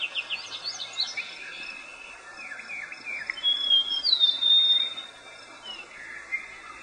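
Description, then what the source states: Bird calls, quick high chirps early, then a longer sliding whistled note and further twittering, over a constant thin high tone. Morning bird call.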